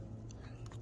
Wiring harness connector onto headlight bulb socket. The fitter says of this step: this piece connects to here and snaps into place.